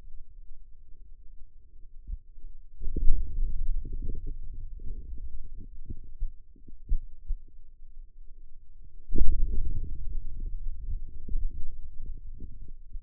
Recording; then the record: forearm muscle sounds (acoustic myography)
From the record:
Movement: hand opening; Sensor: system 2, bracelet of six BSWA MPA416 microphones around the upper forearm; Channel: 6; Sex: male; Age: 22 years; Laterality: right